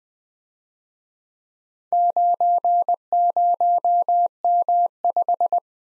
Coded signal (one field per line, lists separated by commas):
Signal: Morse code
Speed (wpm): 24 wpm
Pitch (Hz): 700 Hz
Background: none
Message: 90M5